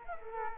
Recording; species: mosquito wingbeat signal from an infrared sensor; Culex quinquefasciatus